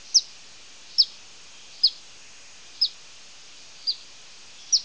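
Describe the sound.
Phoebe calls, a sharp high chip dropping quickly in pitch, given six times at a steady pace of about one a second, with faint background hiss.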